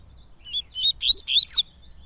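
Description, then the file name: Yellow-bellied Seedeater giving a brief song of clear, high whistled notes, several slurs run together in under two seconds. Bird singing a lot, performing the tui-tui song style. "Coleiro Baiano Cantando Muito Canto Tui Tui"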